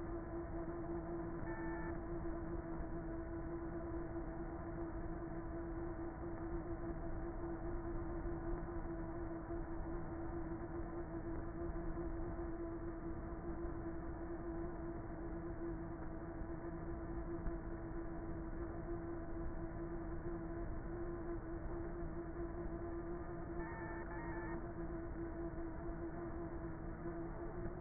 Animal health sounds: honeybee colony, microphone inside the hive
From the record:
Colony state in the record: queenless with a low population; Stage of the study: before two queens were removed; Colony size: about 30,000 bees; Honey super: no

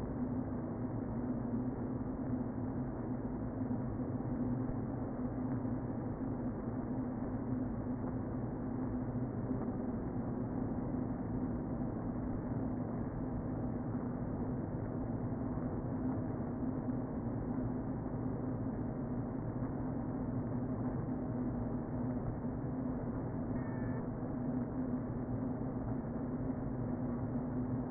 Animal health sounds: honeybee colony, microphone inside the hive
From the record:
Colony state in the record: queen present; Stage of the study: before two queens were removed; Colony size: about 60,000 bees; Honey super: yes

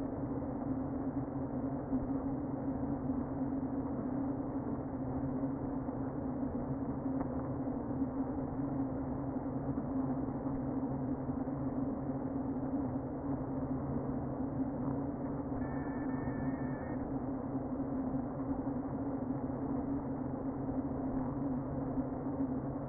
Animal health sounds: honeybee colony, microphone inside the hive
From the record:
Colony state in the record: queen present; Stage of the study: before two queens were removed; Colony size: about 60,000 bees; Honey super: yes

